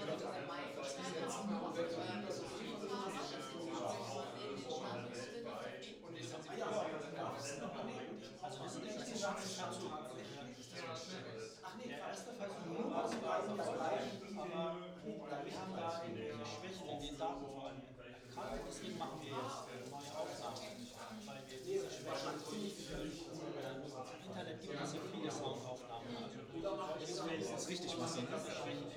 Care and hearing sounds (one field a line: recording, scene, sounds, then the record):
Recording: everyday scene through a hearing-aid microphone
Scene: many people talking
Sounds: many voices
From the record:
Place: bistro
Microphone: in the ear canal, right